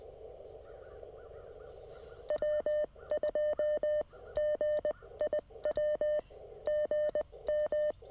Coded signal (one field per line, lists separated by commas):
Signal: Morse code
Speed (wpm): 19 wpm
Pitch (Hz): 600 Hz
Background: none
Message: W2GIW GM